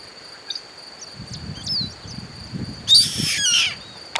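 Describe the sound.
Bird giving a loud, scratchy, broad call near the end, preceded by soft low rustling and a steady high-pitched hum.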